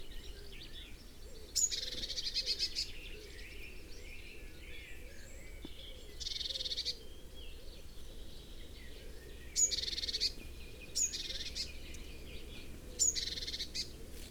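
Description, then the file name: Eurasian blue tit calls, five spaced bursts of a thin high note and a buzzy scolding rattle, with long quiet gaps and a faint low rumble beneath. "Cyanistes caeruleus"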